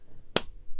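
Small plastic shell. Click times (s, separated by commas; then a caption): 0.4 s. Two halves of a clear plastic, flat locket-style Christmas bauble filled with snow are pressed together. They snap and click shut in a single sharp, bright click at 0.4 s over a quiet background, and the bauble is closed.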